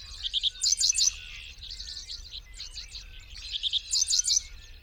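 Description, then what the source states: Dickcissel singing two high phrases of sharp stuttered chirps, each about a second long, separated by a quieter stretch of roughly two seconds. Its name is derived from its song.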